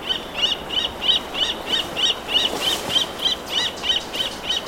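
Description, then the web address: Roadside hawk giving a fast, even series of sharp clipped notes, about three each second, steady in pitch throughout, with hiss behind. Ecuador. "Natures Songs S America Birds of Ecuador. Roadside Hawk"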